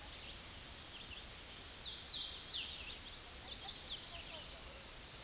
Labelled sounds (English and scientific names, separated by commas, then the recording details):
Hooded Warbler (Setophaga citrina) song
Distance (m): 35 m
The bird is about 10 m above the microphone
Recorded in a Pennsylvania forest on 16 May 2024 at 08:30
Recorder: AudioMoth, point MSD-0438
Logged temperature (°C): 14.5 °C
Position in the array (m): 129 m, 80 m